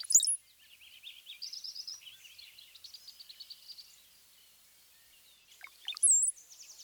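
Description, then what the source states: Brown-headed Cowbird song, a short gurgling phrase topped by a piercing high whistle near six seconds, with another high whistle at the very start and soft high twittering between. Song of a high-pitched Z note combined with a diagnostic bubbly sound, rendered as bubble, bubble, Z.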